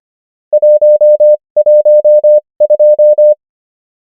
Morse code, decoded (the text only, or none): 112